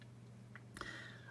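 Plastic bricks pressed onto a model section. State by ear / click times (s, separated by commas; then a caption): seated / 0.0 s, 0.6 s, 0.8 s. The final end of plastic Lego bricks is pressed onto a section of a Hogwarts Castle extension build, giving several short clicks at 0.0, 0.6, 0.8 and 0.8 seconds over a low steady hum. The end clicks home and is seated.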